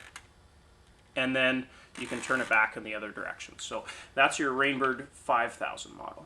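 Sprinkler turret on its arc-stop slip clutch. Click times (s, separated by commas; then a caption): 0.2 s. The plastic turret of a Rain Bird 5000 sprinkler head is turned by hand past its arc stop until the internal slip clutch ratchets over with a single sharp click at 0.2 s, after which it can be turned back the other way instead of being jammed back and stripping the gears. Someone then talks over a quiet background for the rest of the clip.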